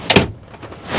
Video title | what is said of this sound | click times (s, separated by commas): Cupboards and upholstery | and as you can see that's fully locked in place you just got a release handle at the bottom there | 0.1 s, 0.2 s